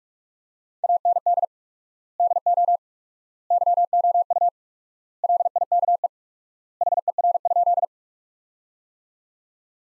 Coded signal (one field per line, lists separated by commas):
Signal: Morse code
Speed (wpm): 45 wpm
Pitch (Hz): 700 Hz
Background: none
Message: AND DO YOU LIKE HER?